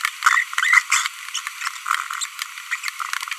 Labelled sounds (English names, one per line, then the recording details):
Green-rumped Parrotlet babbling
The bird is a female
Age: 25 days
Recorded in a nest box in Venezuela
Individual 17B42B1